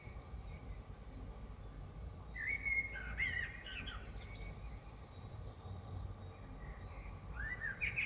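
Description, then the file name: Common blackbird singing: a fluted, warbling phrase around the middle ending in a high squeaky twitter, then another short whistled phrase near the end, over steady low background rumble. Recorded in Dresden. "DRESDE Merle"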